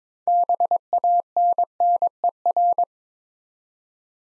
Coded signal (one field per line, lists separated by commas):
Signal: Morse code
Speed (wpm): 22 wpm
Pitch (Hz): 700 Hz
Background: none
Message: BANNER